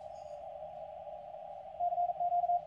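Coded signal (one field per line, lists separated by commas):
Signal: Morse code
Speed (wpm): 44 wpm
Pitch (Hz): 720 Hz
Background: radio noise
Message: CQ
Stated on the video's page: Received on the FTX1 and the IC-705 in a receiver performance comparison.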